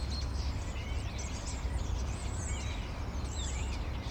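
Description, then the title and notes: Common starlings call together in a continuous stream of bending whistles and wheezy notes, with a steady low traffic drone underneath. Several starlings perched on a crane in an inner courtyard at Rue Tasson-Snel 9, Saint-Gilles, Belgium; recorded with a Sony PCM-M10. "Rue Tasson-Snel 9, 1060 Saint-Gilles, Belgique - Étourneaux - Starlings. Étourneaux sur une grue, intérieur dîlot. Starlings on a crane, Inner courtyard"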